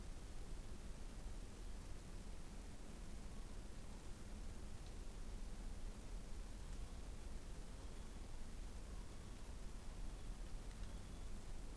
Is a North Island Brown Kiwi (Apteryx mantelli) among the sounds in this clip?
no